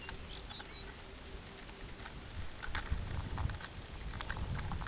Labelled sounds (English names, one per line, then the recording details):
Lapland Longspur
Pectoral Sandpiper
unidentified sound
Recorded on Arctic tundra, site UTQI-5, on 16 June 2019
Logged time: 02:00